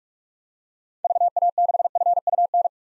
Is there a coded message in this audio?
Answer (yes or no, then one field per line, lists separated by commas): yes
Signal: Morse code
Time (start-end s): 1.0-2.7 s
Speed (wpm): 47 wpm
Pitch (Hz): 700 Hz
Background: none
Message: VA6FUN